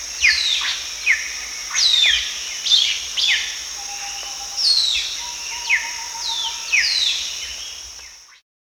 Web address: dusky broadbill